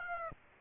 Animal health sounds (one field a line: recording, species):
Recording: mosquito wingbeat signal from an infrared sensor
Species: Aedes aegypti